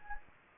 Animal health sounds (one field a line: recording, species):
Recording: mosquito wingbeat signal from an infrared sensor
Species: Anopheles gambiae